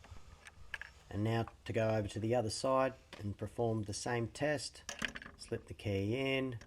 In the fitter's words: now it's time to perform a function test make sure it locks and unlocks you want to hear a clicking sound when you do that